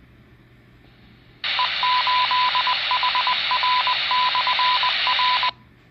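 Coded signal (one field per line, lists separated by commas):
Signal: Morse code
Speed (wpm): 20 wpm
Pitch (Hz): 1000 Hz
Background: none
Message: E 8HR/R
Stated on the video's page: Received on a Whistler TRX-1.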